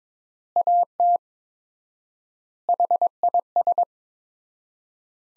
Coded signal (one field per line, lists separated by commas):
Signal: Morse code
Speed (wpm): 22 wpm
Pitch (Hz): 700 Hz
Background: none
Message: AT HIS